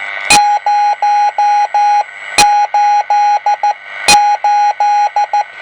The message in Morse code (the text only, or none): 088